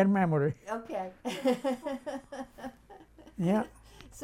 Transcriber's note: laughs